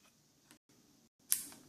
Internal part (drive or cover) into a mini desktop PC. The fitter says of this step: and as you heard it just snapped right in the place